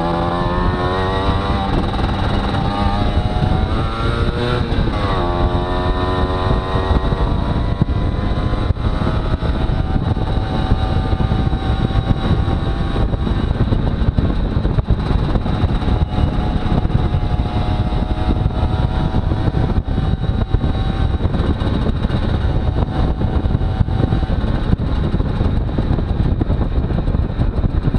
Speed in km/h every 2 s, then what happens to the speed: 26, 31, 34, 38, 39, 40, 38, 38, 39, 40, 39, 39, 36, 33.
0-8 speeds up to 39. 8-22 steady at about 39. 22-28 slows to 33.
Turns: none.